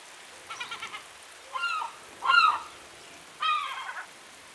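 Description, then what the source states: European herring gull giving four harsh, nasal calls, the first a rapid stuttering series, then three longer drawn-out squeals with a faint steady hiss behind. Recorded in the rain.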